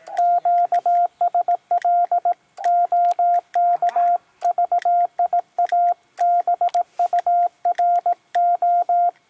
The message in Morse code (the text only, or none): QSL OK VIA BURO